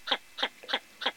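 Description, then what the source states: Northern shoveler calls, four short, hollow nasal notes evenly spaced about a third of a second apart. Recording intended for use as a hunting lure.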